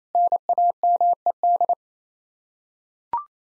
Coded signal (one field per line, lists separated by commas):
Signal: Morse code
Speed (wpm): 28 wpm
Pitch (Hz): 700 Hz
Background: none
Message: NAMED